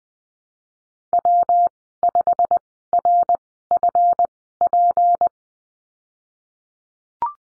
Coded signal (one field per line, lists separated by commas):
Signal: Morse code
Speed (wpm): 20 wpm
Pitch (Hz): 700 Hz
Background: none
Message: W 5 R F P